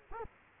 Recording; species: mosquito wingbeat signal from an infrared sensor; Culex quinquefasciatus